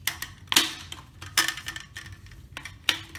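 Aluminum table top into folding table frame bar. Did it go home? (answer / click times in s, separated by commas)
no / none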